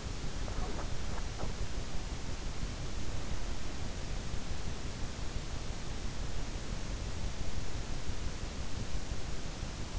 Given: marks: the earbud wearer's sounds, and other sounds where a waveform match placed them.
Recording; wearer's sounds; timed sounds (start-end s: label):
sounds in sleep by an in-ear microphone; teeth grinding
0.00-1.87 s: teeth grinding